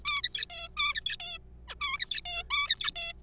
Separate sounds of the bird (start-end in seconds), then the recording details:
0.05-0.21, 0.23-0.45, 0.50-0.68, 0.77-1.16, 1.20-1.39, 1.68-1.75, 1.81-1.97, 2.00-2.21, 2.25-2.43, 2.50-2.91, 2.96-3.13. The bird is a juvenile. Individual R3428